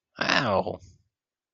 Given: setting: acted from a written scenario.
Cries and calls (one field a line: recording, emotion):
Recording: vocal sound without words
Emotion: pain